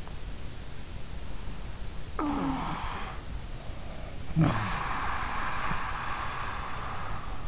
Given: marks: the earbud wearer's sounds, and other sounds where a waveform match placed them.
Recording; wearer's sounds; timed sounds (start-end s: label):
sounds in sleep by an in-ear microphone; snoring breath
2.26-7.48 s: snoring breath